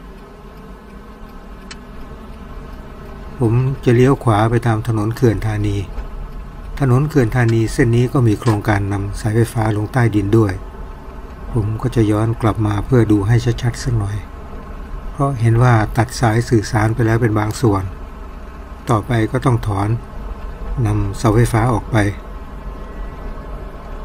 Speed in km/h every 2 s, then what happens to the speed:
7, 18, 18, 18, 22, 27, 30, 30, 31, 31, 31, 31.
0-2 speeds up to 18. 6-11 speeds up to 30. 11-24 steady at about 31.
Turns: 3-8.